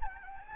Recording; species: mosquito wingbeat signal from an infrared sensor; Anopheles gambiae